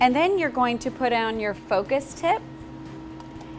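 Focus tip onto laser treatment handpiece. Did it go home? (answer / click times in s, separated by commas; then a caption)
yes / 3.2 s. A focus tip is pushed onto a 6 mm laser treatment handpiece while someone talks. After the talking stops, a short, quiet snap is heard at 3.2 s as the tip seats in place.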